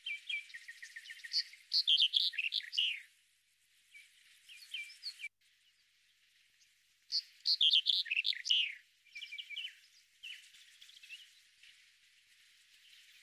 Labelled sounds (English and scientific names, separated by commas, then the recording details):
Red-headed Bunting (Emberiza bruniceps) song
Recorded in the wild
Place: Beldersai, UZ
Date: 2001-05-25
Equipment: MiniDisc Sharp MT 20 H
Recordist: Schwarz, Dieter
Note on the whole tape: Song